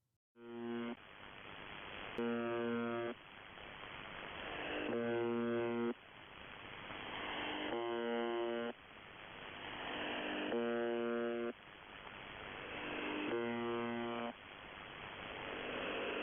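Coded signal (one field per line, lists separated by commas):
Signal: channel marker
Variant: UVB-76 (The Buzzer)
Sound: five short harsh low buzzes, each about a second, spaced roughly three seconds apart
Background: radio static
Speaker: i think now is a good time for me to play this so you can hear exactly what uvb 76 sounds like take a listen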